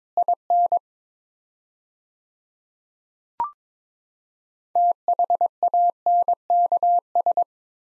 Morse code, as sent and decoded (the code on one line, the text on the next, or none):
.. -. / - .... .- -. -.- ...
IN THANKS